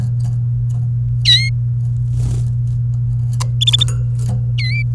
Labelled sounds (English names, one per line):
Domestic Canary song